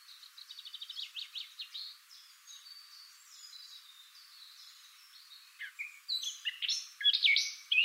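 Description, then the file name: Eurasian blackcap with a quiet, quick run of repeated ticking notes and soft warbling, ending in a burst of louder whistled phrases; light background hiss. "Sylvia atricapilla"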